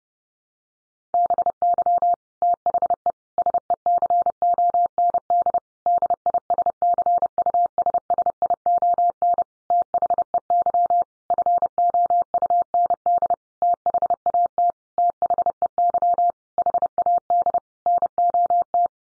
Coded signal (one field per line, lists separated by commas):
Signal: Morse code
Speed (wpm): 30 wpm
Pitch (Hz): 700 Hz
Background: none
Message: BY THE SECOND DISCUSSION THEY FOUND THAT THEY HAD NOT